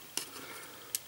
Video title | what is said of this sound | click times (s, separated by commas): Zblex French Reviews : M.A.S.K Cliff Dagger's Accessory Pack (2022) | pour installer c'est très simple c'est ça vient vraiment se caler à l'intérieur ici ça se clipse | 0.2 s, 0.9 s